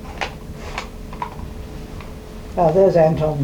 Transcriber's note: none